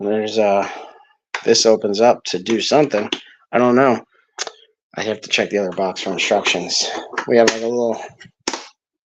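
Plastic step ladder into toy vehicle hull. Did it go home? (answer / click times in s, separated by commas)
yes / 8.5 s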